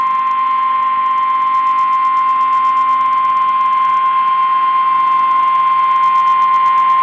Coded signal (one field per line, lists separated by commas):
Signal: Emergency Alert System (SAME) tones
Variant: 1050 Hz attention tone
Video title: Oh Jacksonville... EAS Alerts From 2/6/21 (EAS #161 - #165)